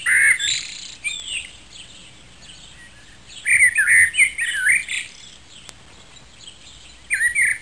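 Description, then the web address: Sparrows giving rapid, squeaky chirps and twitters in clustered bursts separated by brief quiet stretches. "Animals Sparrows"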